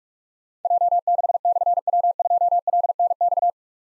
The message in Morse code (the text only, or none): J6/W2LNX